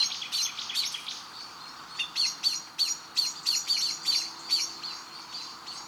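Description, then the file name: Common blackbird calls: sharp, metallic chink notes, a few at first, then a steady run of about three per second after a brief gap. "Turdus merula"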